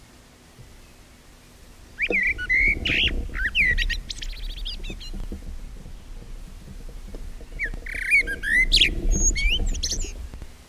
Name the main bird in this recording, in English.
Common Blackbird